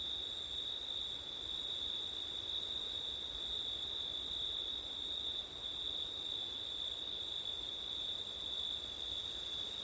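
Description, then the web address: Cricket chorus: an even, ringing high trill with a higher shimmering band, and breezy wind noise in the background. Crickets on a September night, with wind. "audio crickets wind september night ortif"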